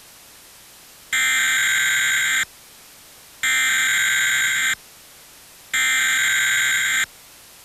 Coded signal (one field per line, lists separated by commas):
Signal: Emergency Alert System (SAME) tones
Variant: header bursts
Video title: Nickelodeon - EAS Test (2009)